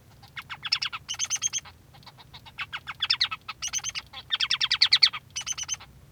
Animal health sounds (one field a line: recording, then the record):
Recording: song of a male Bengalese finch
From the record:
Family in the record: son of father 3